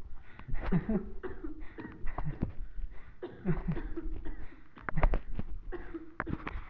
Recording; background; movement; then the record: laughter; a bystander coughing; sitting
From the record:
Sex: male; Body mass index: 20.5 kg/m2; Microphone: on the chest, facing the body